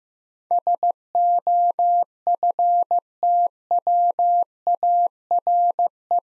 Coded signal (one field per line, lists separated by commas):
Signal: Morse code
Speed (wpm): 15 wpm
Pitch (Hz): 700 Hz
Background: none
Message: SOFTWARE